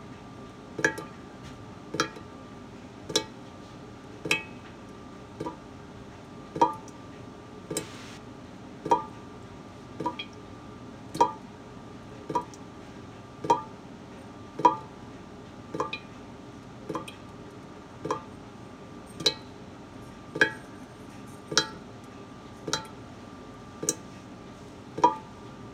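A faucet drips at a steady pace, roughly one drop a second, each landing as a crisp, bright plink with a short ringing tone. A low, even hum fills the gaps between drops, and nothing else interrupts the rhythm.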